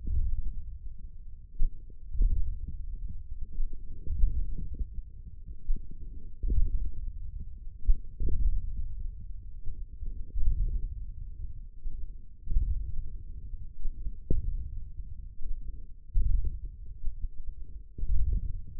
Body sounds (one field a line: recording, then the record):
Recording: forearm muscle sounds (acoustic myography)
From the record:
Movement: ulnar deviation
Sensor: system 1, eight BSWA MPA416 microphones around the upper forearm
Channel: 3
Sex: male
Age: 28 years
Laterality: right